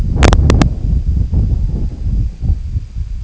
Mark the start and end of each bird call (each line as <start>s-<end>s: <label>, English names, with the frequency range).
1.54s-2.60s: Red-throated Loon (0.5-1.4 kHz)